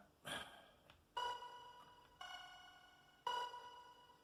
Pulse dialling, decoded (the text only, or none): none